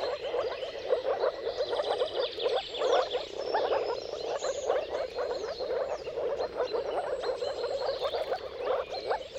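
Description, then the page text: Moor frogs calling together in a thick chorus, continuous overlapping low bubbling croaks, with faint bird notes higher up. Moor frogs in a mating chorus at sunrise at the turn of March and April, timing depending on the weather. "Dawn’s Chorus: Mating Calls of Marsh Frogs at Sunrise. Depending on the weather at the turn of March and April, you can witness an amazing spectacle of moor frogs. Jakub Orzecki. earth.fm"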